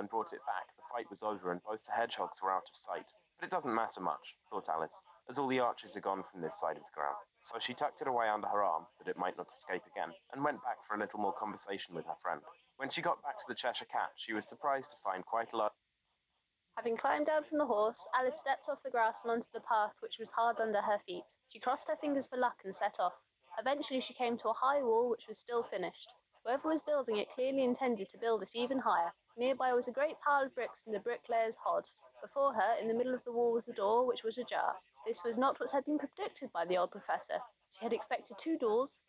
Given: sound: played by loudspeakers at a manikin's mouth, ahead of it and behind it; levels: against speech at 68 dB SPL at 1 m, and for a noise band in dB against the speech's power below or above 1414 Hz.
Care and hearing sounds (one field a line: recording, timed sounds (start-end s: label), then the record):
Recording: test signals for a remote microphone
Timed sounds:
0.00-15.68 s: man speaking, babble ahead at +6 dB SNR for speech at 1 m
16.68-39.09 s: woman speaking, babble ahead at +6 dB SNR for speech at 1 m
From the record:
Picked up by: remote microphone B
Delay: 24 ms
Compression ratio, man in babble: 1.70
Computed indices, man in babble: HASPI 0.999, HASQI 0.276 (non-linear 0.326, linear 0.847), ESTOI 0.728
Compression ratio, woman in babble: 1.71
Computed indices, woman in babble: HASPI 0.957, HASQI 0.352 (non-linear 0.409, linear 0.859), ESTOI 0.804